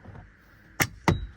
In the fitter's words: see, you heard it snap?